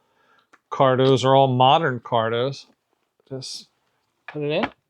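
A person talks while handling a plastic Cardo helmet intercom unit, sliding it toward its plastic cradle on a helmet mount, with a faint brief tap near 0.5 s between the speech. The clip ends before the unit goes home, so nothing has seated or clicked yet.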